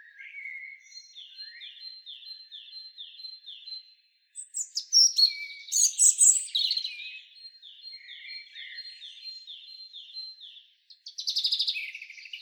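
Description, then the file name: European robin singing: a quiet series of repeated high ticking notes, then a loud burst of sweet, tumbling warbles, followed by more soft repeated notes and a final bright flourish. "Erithacus rubecula"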